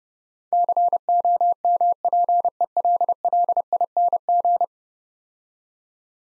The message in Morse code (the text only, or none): COMPELLING